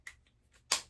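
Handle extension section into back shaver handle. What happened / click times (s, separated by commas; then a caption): The two plastic handle sections snapped together / 0.7 s. The two plastic sections of a BakBlade back shaver handle are pushed back together after being taken apart, with the extension section going into the handle. A faint tick is heard near the start, then a sharp, bright click at 0.7 s as the handle locks together and is seated.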